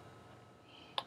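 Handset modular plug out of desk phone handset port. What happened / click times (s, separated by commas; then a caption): The modular plug unclipped from its jack / 1.0 s. The existing handset cord's modular plug is removed from the handset jack on the back of a desk phone. After a quiet stretch, one loud, sharp click sounds at 1.0 s as the latch is pressed or the plug comes out. The plug is released, unclipped from the phone's handset port.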